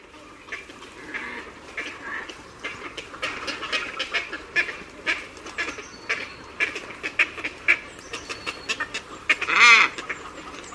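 Bird calls, a busy flock chorus of short sharp chattering notes throughout, ending with one loud harsh call near the end.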